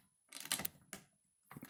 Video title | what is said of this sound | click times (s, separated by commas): CGR1240 Training Series: Closing CGR Cover | Okay, got the click there. | 0.5 s, 0.6 s